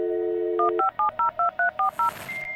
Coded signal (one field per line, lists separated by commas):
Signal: DTMF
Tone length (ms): 120 ms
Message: 15702340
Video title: 5 PRODUCERS FLIP THE SAME SAMPLE - Community ft. Dial-up modem sample